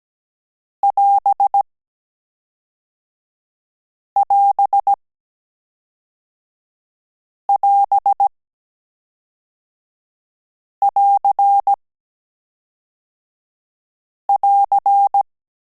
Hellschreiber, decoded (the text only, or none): none